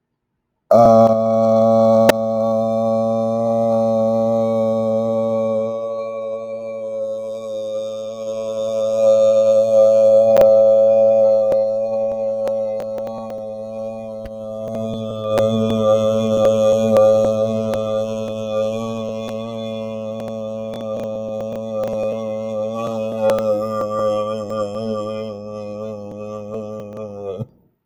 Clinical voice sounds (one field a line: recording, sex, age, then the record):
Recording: vowel held as long as possible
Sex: male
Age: 18 to 19 years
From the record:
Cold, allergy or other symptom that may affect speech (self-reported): no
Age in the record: 19 years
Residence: Kentucky, United States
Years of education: 14